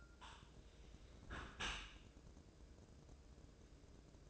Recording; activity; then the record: daily activity, microphone in the room; close dishwasher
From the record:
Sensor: 2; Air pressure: 1012.2 hPa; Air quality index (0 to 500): 149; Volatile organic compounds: 2 ppm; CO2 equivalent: 1090 ppm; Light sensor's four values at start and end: 422/1046/425/431 and 420/1042/424/430